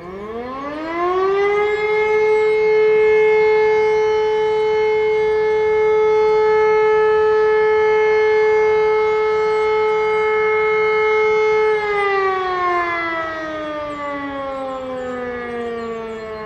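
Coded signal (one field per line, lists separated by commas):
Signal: siren signal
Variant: E57 motor siren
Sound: motor siren winds up, holds one steady howl about ten seconds, then winds down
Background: outdoor ambience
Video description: Monatliche Sirenenprobe in Hennef-Heisterschoß am 4. Samstag im Monat um 11.30 Uhr mit dem Signal "Feueralarm".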